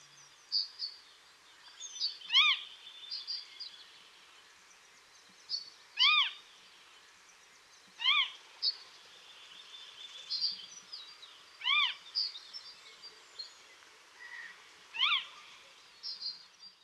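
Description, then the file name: Western marsh harrier calling with brief rising-then-falling mewed notes every few seconds, while smaller birds twitter high and a soft background hiss continues. "blotniak stawowy"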